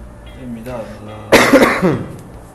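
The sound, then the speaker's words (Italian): A man lets out a harsh, raspy cough lasting about half a second, preceded by a quieter low throaty vocal sound. “Quindi se io adesso pensassi a un uomo senza tosse, mi passerebbe la tosse.”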